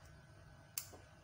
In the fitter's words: Load करने के लिए इस पर्टिकुलर चीज को हमें पीछे पुल करना होगा और एक क्लिक का साउंड होगा।